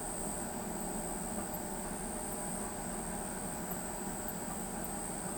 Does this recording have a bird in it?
no